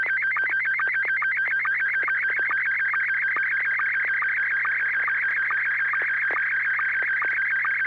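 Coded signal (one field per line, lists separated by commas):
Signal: SSTV (slow-scan television)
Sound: rapid warbling tone jumping between pitches about eight times a second, steady buzz below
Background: low steady hum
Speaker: Oh, it's a picture of a couple of women sitting on a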